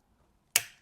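The bottom flap of a plastic 3D-printed glasses case is snapped into place. After near silence, a single sharp snap comes at 0.6 s, with a bright, broadband attack that decays over about a quarter second. The flap is seated and stays in place.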